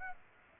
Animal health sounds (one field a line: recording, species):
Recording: mosquito wingbeat signal from an infrared sensor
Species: Aedes aegypti